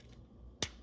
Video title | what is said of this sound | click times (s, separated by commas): GoodenEvil Reviews Transformers: Legacy Evolution - Shadow Striker | just click into place and solidify that | 0.6 s